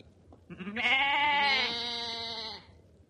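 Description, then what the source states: Sheep giving one long bleat of nearly two seconds, rich in harmonics, rising slightly then holding steady before fading, over a faint low hum. Lambs.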